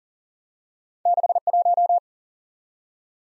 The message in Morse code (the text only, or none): 61